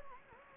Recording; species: mosquito wingbeat signal from an infrared sensor; Anopheles gambiae